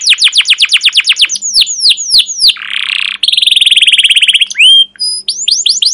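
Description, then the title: Canary song of rapid down-slurred chirps, a harsh buzzy burst, then a quick rolling trill and more chirps; a faint low hum runs underneath. Captive canary long continuous chirping song used as a lure and model for teaching young canaries to sing. "CUIT CUIT NGEROL LANGSUNG GACOR PANJANG Kenari Ini AMPUH Utk Pancingan KENAR. PANCINGAN Kenari GACOR PANJANG Cuit CUIT EMOSI ini AMPUH utk MASTERAN Kenari PAUD belajar BUNYI"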